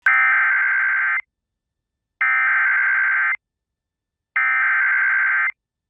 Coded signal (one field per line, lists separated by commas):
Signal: Emergency Alert System (SAME) tones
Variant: header bursts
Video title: Severe Thunderstorm Warning (Benson, Cavalier, Ramsey, Towner Counties, ND) (8/8/25) [EAS #250]